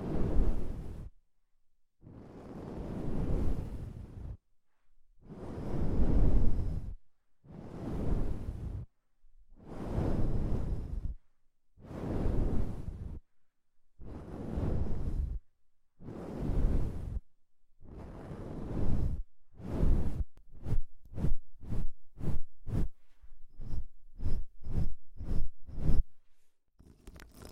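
Deep ear cleaning sounds come in long, rumbling whooshes, each lasting about two seconds with short silences between, repeating steadily for twenty seconds. After that the rhythm quickens into a run of brief, sharp rubbing strokes about half a second apart.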